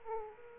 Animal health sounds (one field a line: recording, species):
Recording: mosquito wingbeat signal from an infrared sensor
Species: Aedes aegypti